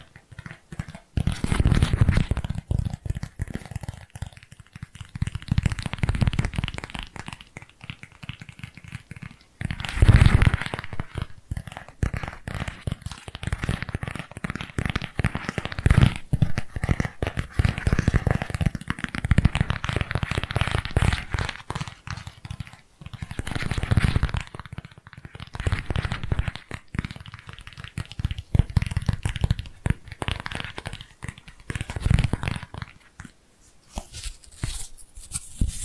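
Dense, irregular tapping and crinkly rustling continue throughout, with louder busy bursts and brief quieter gaps near 9, 23 and 32 seconds.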